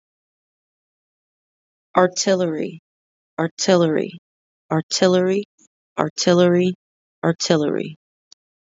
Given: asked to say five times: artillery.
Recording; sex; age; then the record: repeated word; female; 20 to 29 years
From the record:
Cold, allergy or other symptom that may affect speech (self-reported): no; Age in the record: 29 years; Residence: United States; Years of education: 14